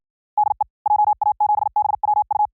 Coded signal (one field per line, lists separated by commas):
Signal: Morse code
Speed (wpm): 60 wpm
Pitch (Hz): 840 Hz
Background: none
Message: DE JA7BWU